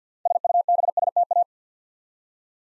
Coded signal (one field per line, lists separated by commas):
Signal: Morse code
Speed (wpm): 48 wpm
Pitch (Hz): 700 Hz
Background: none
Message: SUBSTA